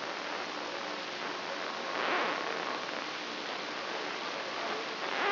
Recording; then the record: brain microelectrode recording played as sound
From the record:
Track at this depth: outside the subthalamic nucleus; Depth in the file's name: 8.104 mm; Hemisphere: left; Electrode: 3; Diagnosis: Parkinson's disease